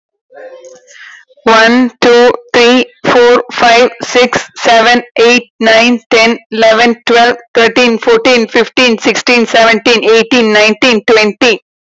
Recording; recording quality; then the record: counting at a normal pace; excellent, no background noise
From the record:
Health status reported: COVID-19 positive, mild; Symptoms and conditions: sore throat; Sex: female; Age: 33 years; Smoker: not ticked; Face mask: not worn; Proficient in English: yes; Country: India